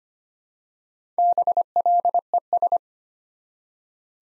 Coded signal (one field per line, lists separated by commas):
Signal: Morse code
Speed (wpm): 25 wpm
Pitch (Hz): 700 Hz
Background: none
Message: BLES